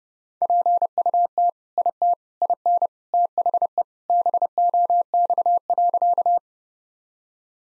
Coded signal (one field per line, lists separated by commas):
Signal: Morse code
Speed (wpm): 29 wpm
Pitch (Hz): 700 Hz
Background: none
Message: PUT IT IN THE BOX.